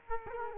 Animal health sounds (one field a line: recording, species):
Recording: mosquito wingbeat signal from an infrared sensor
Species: Culex quinquefasciatus